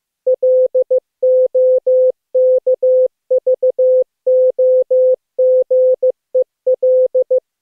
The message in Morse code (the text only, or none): LOKVOGEL